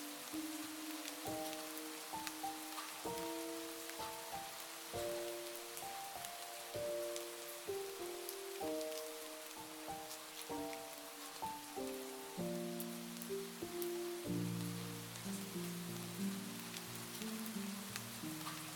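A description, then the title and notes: Light rain hisses steadily with dense pattering drops while a soft melodic tune plays, its notes shifting lower and fuller after fourteen seconds. SLEEP with MUSIC and Light RAIN. Listen to the sound of light rain with music.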